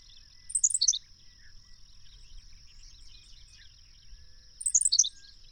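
Bird song: a short cascade of high chirps dropping in pitch, repeated about four seconds apart, with a steady faint high hum throughout.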